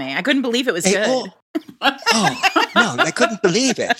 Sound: laughter